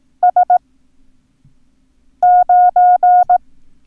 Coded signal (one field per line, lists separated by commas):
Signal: Morse code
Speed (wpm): 18 wpm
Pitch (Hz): 720 Hz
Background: none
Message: S9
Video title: Learn Morse Code - Numbers - Lesson 2